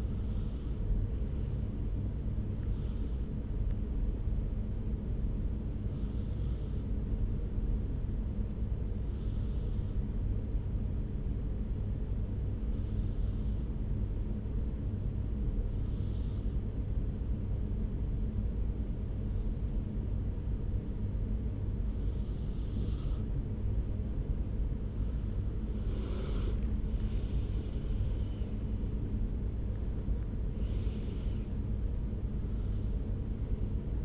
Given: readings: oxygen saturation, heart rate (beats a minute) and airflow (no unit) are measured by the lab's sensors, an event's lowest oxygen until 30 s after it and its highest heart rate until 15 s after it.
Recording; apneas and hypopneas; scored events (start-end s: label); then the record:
breathing in sleep by a smartphone at the bedside; 1
10.00-22.70 s: hypopnea (N1, oxygen 95% highest, then 93% lowest)
From the record:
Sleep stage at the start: N1 (lightest sleep); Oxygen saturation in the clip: 93 to 95%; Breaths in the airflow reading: 11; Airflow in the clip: -5.0 to 5.4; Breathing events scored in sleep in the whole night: 335 in 6.7 hours asleep